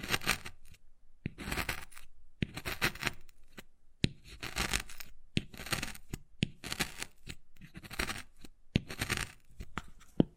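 Wood carving, with bursts of bright, rough scratching and scraping that come in clusters every second or so, separated by short silences. Sharp tapping clicks punctuate the strokes, including crisp knocks near four, six and ten seconds.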